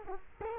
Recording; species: mosquito wingbeat signal from an infrared sensor; Culex quinquefasciatus